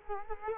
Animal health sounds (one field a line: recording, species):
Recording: mosquito wingbeat signal from an infrared sensor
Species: Culex quinquefasciatus